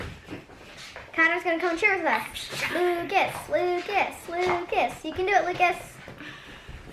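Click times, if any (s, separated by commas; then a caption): 6.2 s. A child pushes a plastic part of a kit-built spin art machine onto its small motor while people talk and cheer, including a child's voice. A single short click at 6.2 seconds marks the part seating onto the motor.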